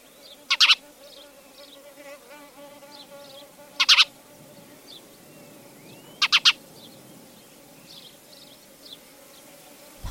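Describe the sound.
Spanish sparrow calls: loud, harsh double chirps about every three seconds over constant soft twittering from other sparrows and a low droning buzz.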